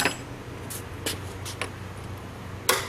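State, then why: Seated. A metal retaining clip is pressed into its retaining slot on a reel mower's wheel axle. After a few faint taps and clicks over a low steady hum, a sharp metallic snap at 2.7 s marks the clip seating in place.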